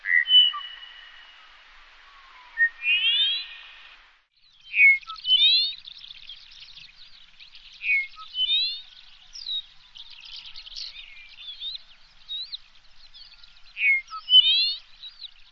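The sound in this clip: Bird calling with clear whistled notes and rising phrases, repeated every few seconds, over many softer background chirps.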